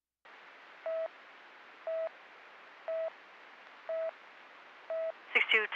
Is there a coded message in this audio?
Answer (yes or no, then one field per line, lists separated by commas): no